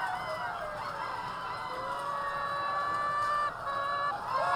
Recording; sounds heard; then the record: poultry house recording; healthy chickens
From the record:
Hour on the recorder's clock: 3